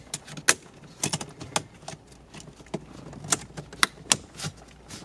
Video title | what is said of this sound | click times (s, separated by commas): VLine CarPlay® Android Auto® installation Acura TLX 2014 2015 2016 2017 2019 2020 stereo removal | they'll snap right in | 0.5 s, 1.6 s, 3.8 s, 4.1 s